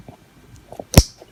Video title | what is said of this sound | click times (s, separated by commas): Fitbit Charge 2 Band Replacement Classic Buckle Silicone Band 4pk by AIWELL | line up and push towards you until you hear the click there | 1.0 s